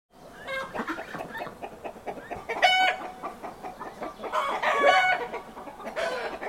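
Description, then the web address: Chickens clucking in a busy flock, with overlapping cackles and short squawks and a few louder bursts amid steady mixed farmyard chatter. Farmyard ambience with a traffic-free background; sound effects library recording. "Hollywood Edge Historical Series cd 5 Traffic Free BG's Farmyard With Chickens Ducks"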